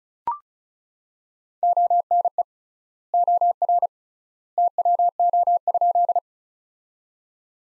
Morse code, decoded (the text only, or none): ONE OR TWO?